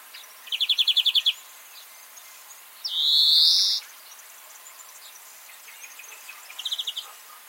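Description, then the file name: European greenfinch singing: one rattling trill, then a long nasal wheezing buzz, then a short faint trill near the end. "Chloris chloris"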